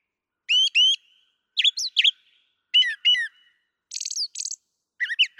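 Brown thrasher singing clearly doubled phrases: paired whistled notes, twisting chirps, a repeated buzz, each pair followed by a short gap.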